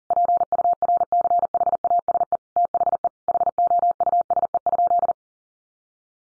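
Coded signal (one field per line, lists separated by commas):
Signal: Morse code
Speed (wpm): 40 wpm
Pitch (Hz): 700 Hz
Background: none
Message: PURCHASE THE HOUSE?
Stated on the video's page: Morse sent at 40 wpm, sentences built from the top 800 words for head-copy practice.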